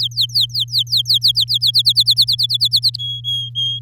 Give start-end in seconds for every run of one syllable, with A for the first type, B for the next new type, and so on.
0.00-1.58 A, 1.61-2.97 B, 2.98-3.79 C